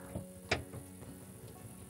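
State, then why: Released. A flat screwdriver turns a plastic grille retaining pin in the front grille mount of a Nissan Titan pickup to remove the grille. A single sharp click at 0.5 s stands out over a faint low tonal background, with softer taps around it. The pin is unlocked and released.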